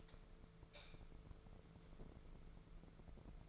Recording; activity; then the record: daily activity, microphone in the room; light on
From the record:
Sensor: 5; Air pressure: 1014.8 hPa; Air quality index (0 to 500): 170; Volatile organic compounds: 6 ppm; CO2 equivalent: 1867 ppm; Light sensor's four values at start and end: 109/260/111/123 and 111/265/113/125